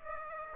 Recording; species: mosquito wingbeat signal from an infrared sensor; Aedes aegypti